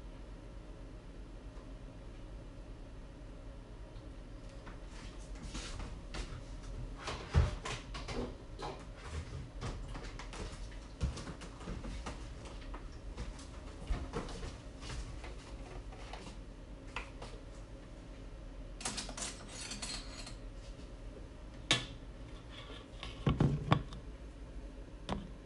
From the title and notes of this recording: Making Banana Bread. I made a loaf of banana bread.